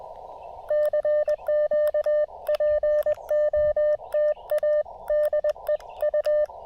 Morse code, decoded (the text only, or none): CQ POTA DE U